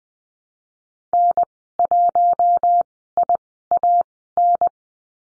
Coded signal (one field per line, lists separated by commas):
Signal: Morse code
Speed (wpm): 20 wpm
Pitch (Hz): 700 Hz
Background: none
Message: N1IAN